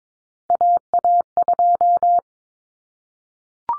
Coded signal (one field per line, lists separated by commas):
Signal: Morse code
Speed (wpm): 22 wpm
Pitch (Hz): 700 Hz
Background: none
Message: AA2